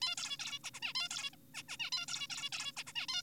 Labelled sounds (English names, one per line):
Zebra Finch